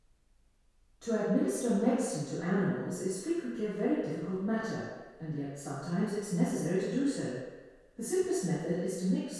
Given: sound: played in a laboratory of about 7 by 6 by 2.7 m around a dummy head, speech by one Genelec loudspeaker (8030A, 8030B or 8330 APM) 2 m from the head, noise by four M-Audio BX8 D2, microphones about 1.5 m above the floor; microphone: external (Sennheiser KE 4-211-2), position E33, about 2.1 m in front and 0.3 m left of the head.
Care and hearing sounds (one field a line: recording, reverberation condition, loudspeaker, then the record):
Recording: female speech in English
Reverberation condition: high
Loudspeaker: 60 degrees to the right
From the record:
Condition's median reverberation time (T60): about 1300 ms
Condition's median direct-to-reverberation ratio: about -4.0 dB